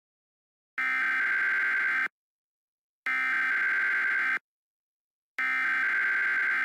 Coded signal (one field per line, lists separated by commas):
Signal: Emergency Alert System (SAME) tones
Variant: header bursts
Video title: EAS Mock #39 : Spades Lightning